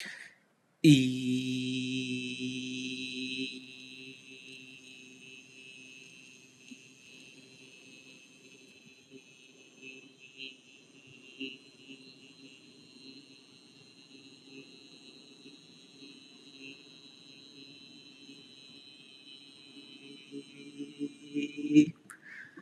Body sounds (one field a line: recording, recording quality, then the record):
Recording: sustained vowel as in beet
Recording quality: excellent, no background noise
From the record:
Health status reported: healthy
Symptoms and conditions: none ticked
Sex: male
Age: 26 years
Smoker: not ticked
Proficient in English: yes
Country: India